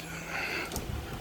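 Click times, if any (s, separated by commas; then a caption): 0.8 s. On a 1971 Chevrolet K5 Blazer, the rear hatch is folded up into its locking position on the truck body. A single short, sharp click is heard at 0.8 s. The hatch locks in place as it should.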